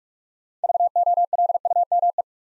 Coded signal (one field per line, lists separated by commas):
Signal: Morse code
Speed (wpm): 44 wpm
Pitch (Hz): 700 Hz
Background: none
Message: VOLUME